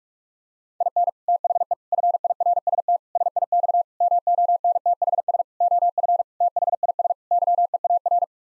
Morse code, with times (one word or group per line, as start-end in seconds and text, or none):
0.8-1.1 IN
1.3-1.7 THE
1.9-3.0 FIRST
3.2-3.8 SIX
4.0-5.4 MONTHS
5.6-6.2 OF
6.4-7.1 THIS
7.3-8.2 YEAR